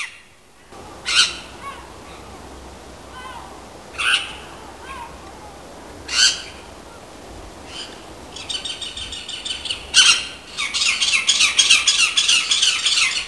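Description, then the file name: Great spotted cuckoo calls: isolated harsh squawks spaced a few seconds apart, then a fast, grating rattling chatter building over the last few seconds. "Cuculo Dal Ciuffo"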